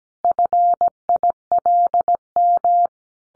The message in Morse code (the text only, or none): FILM